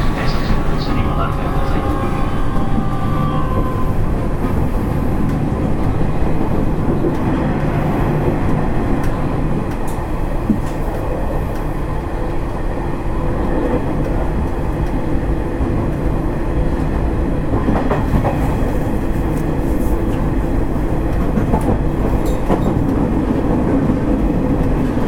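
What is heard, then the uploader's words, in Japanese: A Nishitetsu 3000 series train runs with a steady, dense low rumble, a faint whine falling early on, and scattered clicks throughout. 西鉄3000系 急行 久留米から二日市まで。西日本鉄道 3000系電車の走行音です。大牟田線の急行列車で録音しました。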